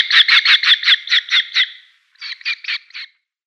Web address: Schulze Peter Red-footed Falcon nestling